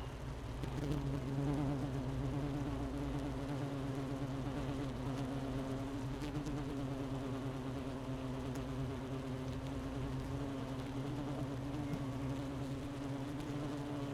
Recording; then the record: honeybee colony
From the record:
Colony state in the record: missing queen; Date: 31 May 2018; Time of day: 10:42